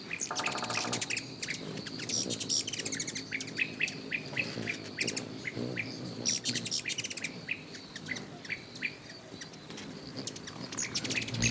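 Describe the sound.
Bird chirping: a busy run of rapid rising chirps, with a short buzzy burst early on and a thin steady whine behind.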